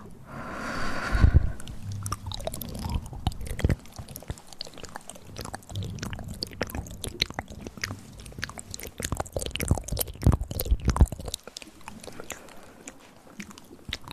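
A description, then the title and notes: Ear-focused breathy trigger sounds open with a short airy breath lasting about a second. After that comes a dense run of crisp, crackling clicks and soft taps, like something crinkly or chewed, with scattered louder snaps that thin out and quieten near the end. Ear Breathy Triggers.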